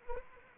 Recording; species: mosquito wingbeat signal from an infrared sensor; Anopheles arabiensis